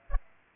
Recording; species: mosquito wingbeat signal from an infrared sensor; Aedes aegypti